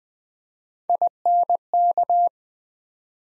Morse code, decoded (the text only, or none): INK